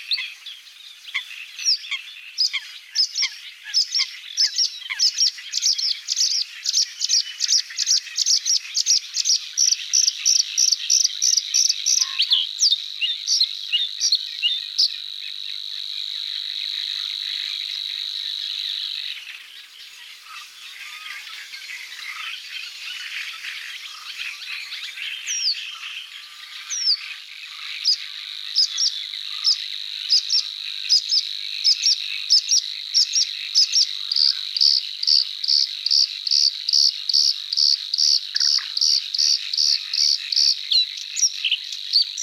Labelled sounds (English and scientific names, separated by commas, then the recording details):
Bluethroat (Luscinia svecica) song
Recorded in the wild
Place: Nagyivan / Hortobagy, HU
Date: 1988-05-20
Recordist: Schwarz, Dieter